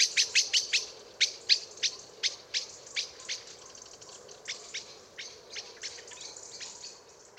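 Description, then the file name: Common blackbird uttering a rapid, agitated run of sharp chink calls that slowly grow softer and more spaced. "Turdus merula"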